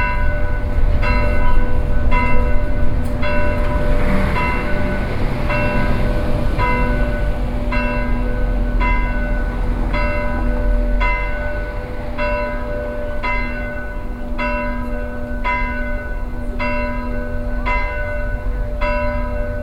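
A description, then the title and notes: Church bells ring in a steady, regular sequence, a struck tone roughly every second, each with a bright ringing overtone that hangs over the next. Beneath them runs a constant low rumble of city traffic, with a deep sustained hum throughout. The Sablon Church bells. Brussels.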